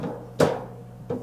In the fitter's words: they lock into place and it's good for snakes cuz snakes